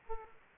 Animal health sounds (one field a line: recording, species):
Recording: mosquito wingbeat signal from an infrared sensor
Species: Aedes aegypti